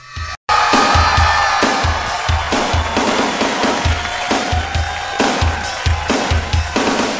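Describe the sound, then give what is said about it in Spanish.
A crowd applauds loudly and steadily, a dense wash of clapping and cheering, punctuated by a regular low thumping beat that continues throughout. “¡Vamos, más fuerte los aplausos!”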